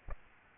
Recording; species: mosquito wingbeat signal from an infrared sensor; Aedes aegypti